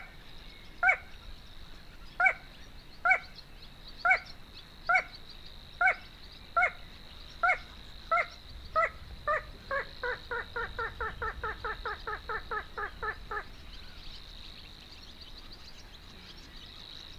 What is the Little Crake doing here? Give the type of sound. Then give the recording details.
song. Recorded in the wild. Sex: male. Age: adult. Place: Kützerhof, Kummerower See, Mecklenburg-Vorpommern, DE. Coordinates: 53.8556, 12.8639. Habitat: wetland. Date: 2010-06-07 21:24. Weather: light rain shower, 15°C, weak westerly winds. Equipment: Sound Devices 702, Sennheiser MKH 70, Rycote Windschutz. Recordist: Frommolt, Karl-Heinz